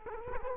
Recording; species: mosquito wingbeat signal from an infrared sensor; Culex quinquefasciatus